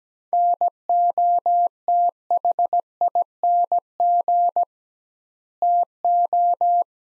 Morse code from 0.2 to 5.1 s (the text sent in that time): NOTHING